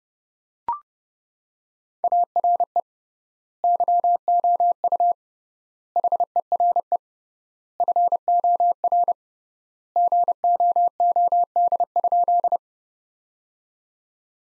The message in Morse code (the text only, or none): ARE YOU HERE FOR GOOD?